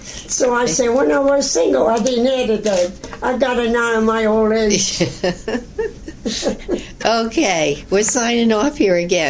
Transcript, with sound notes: So I say: "When I was single, I didn't have a daddy. I got it now in my old age."
(laughs) Okay. We're signing off here again.